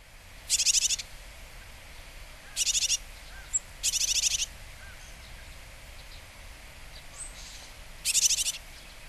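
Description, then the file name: Japanese tit calls: four harsh, buzzy rasping bursts, each about half a second, spaced irregularly over several seconds against steady low background noise. Recorded in Kaji, Hyogo, Japan, on August 3. "sijuukara 6 0803 hyogo kaji"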